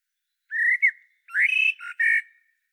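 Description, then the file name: Common blackbird singing a single phrase: a clear rising whistle, then a richer swooping warble and a final steady fluted note. "Turdus merula"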